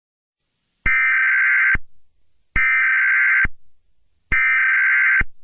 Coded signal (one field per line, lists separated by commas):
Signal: Emergency Alert System (SAME) tones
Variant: header bursts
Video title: EAS Scenario #61: SUPER GLITCH!!